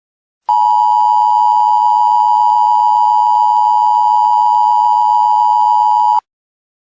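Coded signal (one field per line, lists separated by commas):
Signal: Emergency Alert System (SAME) tones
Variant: 853 and 960 Hz attention tone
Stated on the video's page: Simulated EAS scenario for a fictional alien invasion.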